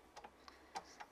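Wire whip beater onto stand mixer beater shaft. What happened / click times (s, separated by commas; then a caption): The metal attachment did not lock onto its shaft / none. Someone tries to attach the wire whip beater to the beater shaft of a KitchenAid 6 qt. 575 Watt bowl-lift stand mixer with Combi-Whip, making a series of short, light metallic ticks and taps, at about 0.2, 0.3, 0.5, 0.8 and 1.0 seconds. The whip will not catch, and nothing has locked onto the shaft yet.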